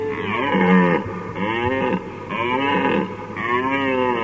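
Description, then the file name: Red deer giving rich, moaning roars, four drawn-out calls about one per second, each bending in pitch, with a constant low hum underneath. "jelen"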